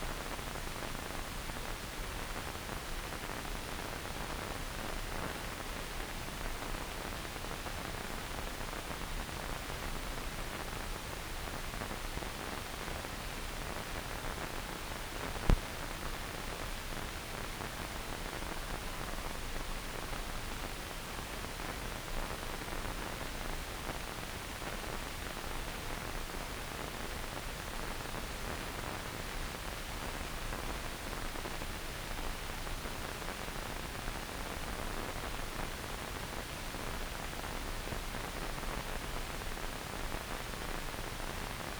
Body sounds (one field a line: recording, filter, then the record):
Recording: brain microelectrode recording played as sound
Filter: wide band, above 20 Hz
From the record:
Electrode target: subthalamic nucleus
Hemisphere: left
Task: reaching with the right hand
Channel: 1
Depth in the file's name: 0.251 mm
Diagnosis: Parkinson's disease